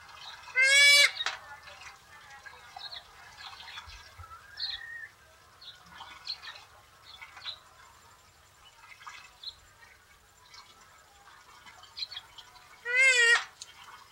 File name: Pukeko